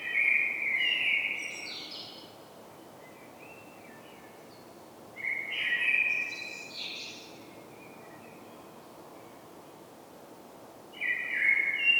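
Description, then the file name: Common blackbird song, three separate phrases each opening with a low fluted warble, the first two ending in a thin high twitter, spaced by pauses of several seconds, steady background hiss. "Turdus merula"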